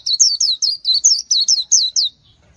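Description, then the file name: White-eye song of several quick, bright, high down-slurred notes in about two seconds, then silence. "tieng khuyen liu"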